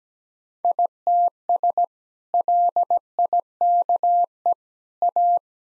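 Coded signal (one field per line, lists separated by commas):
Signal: Morse code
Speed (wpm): 17 wpm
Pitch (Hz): 700 Hz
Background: none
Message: ITS LIKE A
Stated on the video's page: Morse practice of sentences with common two-word phrases at 17 wpm; each sentence sent, then spoken, then sent again.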